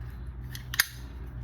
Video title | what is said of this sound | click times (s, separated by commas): Get Home / Emergency Bag 2021 - Staying Prepared | As you can see, it locks in place. | 0.8 s